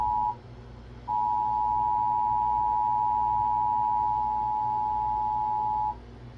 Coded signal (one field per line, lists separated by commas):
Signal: Emergency Alert System (SAME) tones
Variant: 853 and 960 Hz attention tone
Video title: EAS Activation: Severe Thunderstorm Watch Number 568 On Live TV